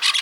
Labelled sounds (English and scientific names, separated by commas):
Brown-throated Parakeet (Eupsittula pertinax) contact call